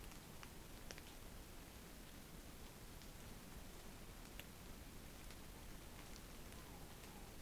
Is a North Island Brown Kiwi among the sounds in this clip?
no